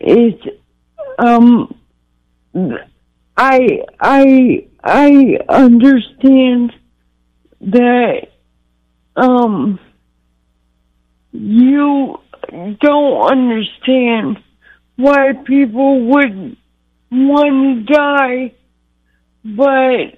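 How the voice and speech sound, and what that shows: A 53-year-old woman speaks by telephone, slowly and in short bursts, with long pauses, drawn-out fillers and a repeated "I… I…" before she gets her words out. This halting, effortful, word-finding speech fits aphasia after two strokes in the past year, probably on the left side of the brain; she had to learn to talk again.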